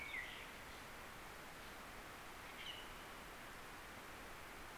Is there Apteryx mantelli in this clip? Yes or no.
no